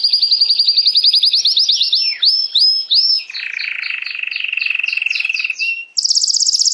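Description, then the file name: Canary song opening with a loud rapid trill, then descending slurred whistles and a lower rolling trill, closing with a high-pitched sharp burst. Belgian mosaic canary song. "canto do canario belga mosaico"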